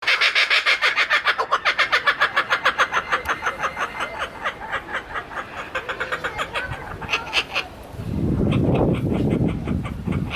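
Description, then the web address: Kookaburra laughing, rapid repeated hooting pulses that rise and fall in loudness, with a low rumbling noise toward the end. "cockabarra riendo"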